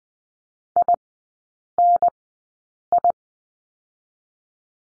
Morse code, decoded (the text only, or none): I N I